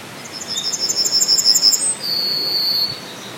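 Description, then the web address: Yellowhammer song: a quick series of high, repeated notes, then a long drawn-out lower final note, over faint background hiss. Songs recorded at the edge of a town on 17 July 2020. "2020 07 17 am-stadtrand-goldammergesaenge"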